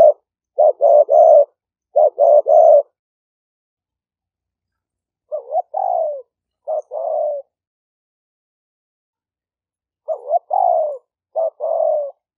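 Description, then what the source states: Spotted dove coo phrases of short and longer notes, some starting with a rising slurred note, separated by long silent gaps. Vietnamese cooing style called "5 hậu".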